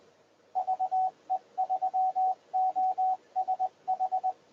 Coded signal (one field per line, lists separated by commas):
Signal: Morse code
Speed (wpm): 20 wpm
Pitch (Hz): 750 Hz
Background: radio noise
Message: VE3OSH